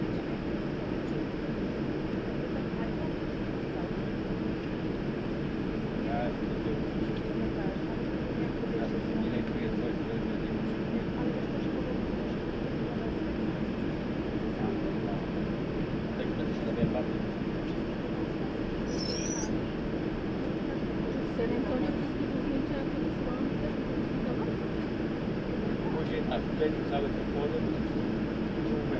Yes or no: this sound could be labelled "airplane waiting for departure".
yes